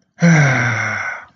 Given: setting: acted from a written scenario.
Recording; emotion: vocal sound without words; triumph